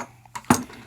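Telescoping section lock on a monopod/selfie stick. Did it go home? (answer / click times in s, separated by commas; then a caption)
yes / 0.4 s, 0.5 s. A telescoping section of a monopod/selfie stick for a Rode microphone is pulled out, and its small detent lock clicks into place with two sharp clicks at 0.4 s and 0.5 s, the second one louder. The extended section seats and locks.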